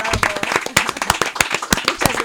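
A small group claps steadily, with dense, overlapping sharp hand claps forming brief applause and no voices.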